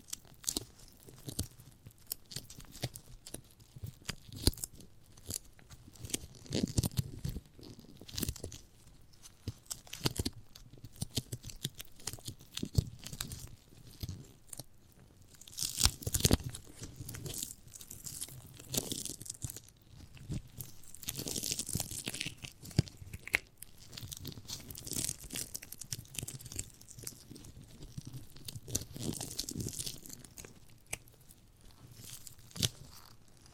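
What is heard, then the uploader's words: Wet chewing and tearing of a giant gummy bear fills the whole stretch, with dense, irregular squelches and crinkly crunches coming every fraction of a second. The sounds are bright, with a soft low thump underneath. ASMR of a Giant Gummy Bear (No Talking).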